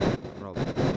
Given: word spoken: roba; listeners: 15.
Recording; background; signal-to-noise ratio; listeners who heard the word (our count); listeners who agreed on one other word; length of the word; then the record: one Spanish word in noise, from a listening test; noise modulated by one talker; -9.7 dB; 1 of 15; 10 of 15; 0.57 s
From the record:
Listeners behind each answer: 10, 1, 1, 1, 1, 1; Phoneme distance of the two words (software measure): 10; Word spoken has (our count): 2 syllables, 4 phonemes, stress on syllable 1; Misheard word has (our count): 2 syllables, 4 phonemes, stress on syllable 1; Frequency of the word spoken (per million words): 2.64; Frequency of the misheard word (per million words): 18.79